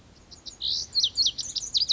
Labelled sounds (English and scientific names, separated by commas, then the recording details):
Lazuli Bunting (Passerina amoena)
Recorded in Sonoma County, California